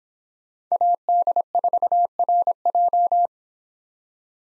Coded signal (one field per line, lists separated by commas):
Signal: Morse code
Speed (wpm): 29 wpm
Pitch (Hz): 700 Hz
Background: none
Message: AD4RJ